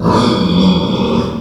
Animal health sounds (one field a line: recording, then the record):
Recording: squeal of a Yucatan mini pig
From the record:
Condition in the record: after surgery on the right vocal fold (resection and tissue-engineered implant)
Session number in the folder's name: 16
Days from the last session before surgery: 183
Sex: female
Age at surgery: 19 weeks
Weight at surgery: 25 kg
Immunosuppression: prednisolone